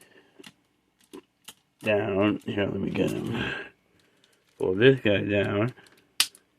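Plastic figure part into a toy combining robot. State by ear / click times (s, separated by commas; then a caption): seated / 6.2 s. Someone talks while pulling a plastic piece of a Power Rangers Mystic Force Titan Megazord combining toy robot down, with a few small clicks and taps from handling in between. A single loud, sharp snap at 6.2 seconds marks the piece seating into place.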